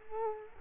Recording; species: mosquito wingbeat signal from an infrared sensor; Culex quinquefasciatus